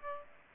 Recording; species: mosquito wingbeat signal from an infrared sensor; Aedes aegypti